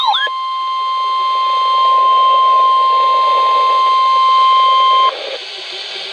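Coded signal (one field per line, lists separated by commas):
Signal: Emergency Alert System (SAME) tones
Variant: 1050 Hz attention tone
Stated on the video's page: NOAA Weather Radio Special Marine Warning.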